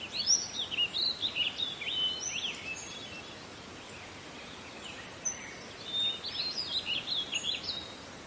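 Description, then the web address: Birds give busy high twittering of quick chirps and short whistles, with a quieter gap midway, over a constant background hiss. "Meng Jun Bo. 自然-鸟鸣"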